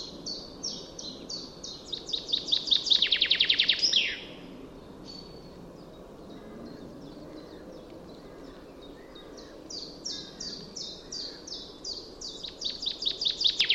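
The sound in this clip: Common chaffinch delivering a fast, accelerating trill of high notes that drops into a short flourish, then quieter chirps, and another quickening trill near the end.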